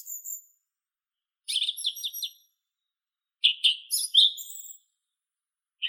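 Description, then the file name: Song thrush song: short bursts of sharp, scratchy and whistled notes, some notes repeated, with pauses of about a second between bursts. "Neizvesten - Drozd pevchij Turdus philomelos (Zvyki com)"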